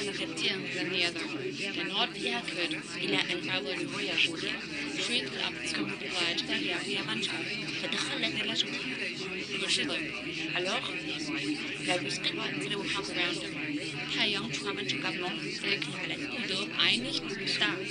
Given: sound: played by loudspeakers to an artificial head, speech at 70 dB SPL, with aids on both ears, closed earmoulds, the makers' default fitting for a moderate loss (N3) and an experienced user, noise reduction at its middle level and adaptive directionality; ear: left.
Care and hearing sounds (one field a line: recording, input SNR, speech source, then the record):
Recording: speech test signal (ISTS) in cocktail-party noise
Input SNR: -6 dB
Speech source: in front (0 degrees)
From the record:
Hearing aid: class 2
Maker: D